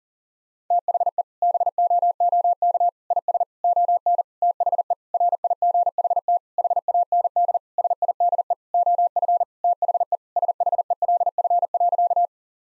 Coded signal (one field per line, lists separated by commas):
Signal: Morse code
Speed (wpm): 40 wpm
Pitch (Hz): 700 Hz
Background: none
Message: THE BOOK IS ON THE RIGHT HAND SIDE OF THE SHELF.